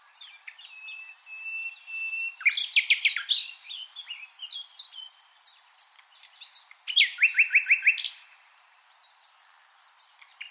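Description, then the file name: Common nightingale song with a held whistled note leading into a loud rattling trill, a pause of soft chirps, then another rapid trill burst. "Luscinia megarhynchos"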